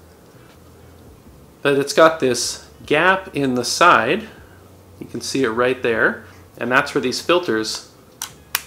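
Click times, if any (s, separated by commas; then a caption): 8.2 s, 8.5 s. A drop-in variable ND filter cartridge is slid into the side slot of a Meike drop-in filter mount adapter, a lens mount adapter, while someone talks. Two sharp clicks come at 8.2 s and 8.5 s as the filter locks into place, seated in the mount.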